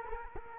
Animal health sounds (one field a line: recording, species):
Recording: mosquito wingbeat signal from an infrared sensor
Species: Culex quinquefasciatus